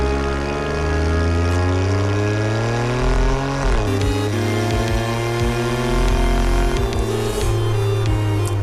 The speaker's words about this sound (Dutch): Maar dit is het enige echte geluid van een Alfa Romeo. Dat hitsige Alfa Romeo, zeg je.